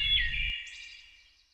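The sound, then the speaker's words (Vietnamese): A nightingale sings a sustained, bright whistling trill with a quick higher chirp partway through, over a brief low rumble at the start, then fades out softly. “Quả nhiên, chỉ vài ngày sau là nhà vua đã khỏe hẳn, tinh thần vui vẻ sảng khoái khi nghe tiếng hót của họa mi.”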